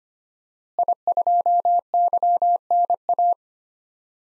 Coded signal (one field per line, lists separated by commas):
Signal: Morse code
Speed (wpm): 25 wpm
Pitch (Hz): 700 Hz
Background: none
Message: I2YNA